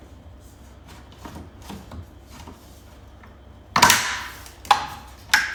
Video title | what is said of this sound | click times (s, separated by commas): BMW X5 (G05) chrome delete | You hear all that clicketity clack? | 3.8 s, 4.7 s, 5.3 s